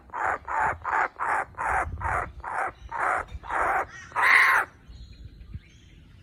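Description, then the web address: Kookaburra chick calls: a series of harsh, raspy squawks repeated about every third of a second, ending in one louder burst, then quiet. "ptenets kukabary"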